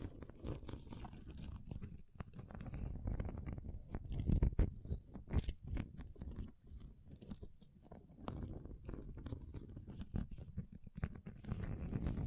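Ice being tapped, scratched and carved, with a dense run of crunchy scraping and clicking that never stops for long. Sharp bright ticks pop out irregularly over a thick low grinding bed, with a heavier cluster of knocks around four to five seconds.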